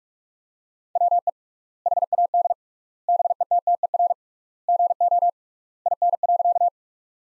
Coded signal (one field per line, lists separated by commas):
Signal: Morse code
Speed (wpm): 47 wpm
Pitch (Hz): 700 Hz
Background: none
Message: WE HAD BETTER GO IN.